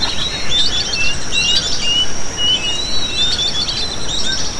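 Bird chirps and short whistled slurs in irregular bursts, with a constant high thin drone and rumbling noise below.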